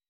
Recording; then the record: hydrophone in a shrimp aquaculture tank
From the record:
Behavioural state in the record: weakened